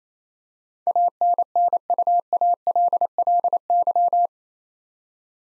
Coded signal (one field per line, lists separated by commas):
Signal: Morse code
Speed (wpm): 28 wpm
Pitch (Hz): 700 Hz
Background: none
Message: ANNUALLY